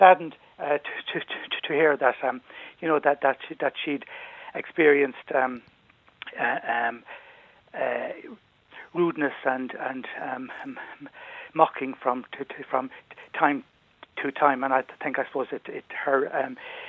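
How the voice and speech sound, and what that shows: Adult male speech in a radio interview, from a professor of public health at UCC who stammered growing up, with repeated words and sounds, long silent blocks and drawn-out 'um's: stammering in connected speech.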